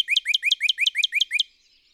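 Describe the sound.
Northern cardinal singing a rapid, even string of about eight sharp rising whistled notes that stops suddenly, followed by near silence.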